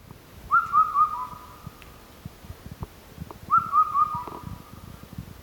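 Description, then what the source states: Indian cuckoo calling: two whistled phrases of several quick clear notes ending in a held tone, about three seconds apart, over steady clicking background noise. Recorded 25 May 2017.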